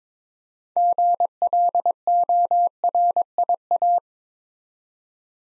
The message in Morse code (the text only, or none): GLORIA